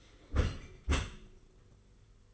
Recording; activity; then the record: daily activity, microphone in the room; close dishwasher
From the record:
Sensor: 4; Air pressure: 991.3 hPa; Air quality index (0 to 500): 158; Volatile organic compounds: 127 ppm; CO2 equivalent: 3912 ppm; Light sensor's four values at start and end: 22/73/27/28 and 22/74/27/28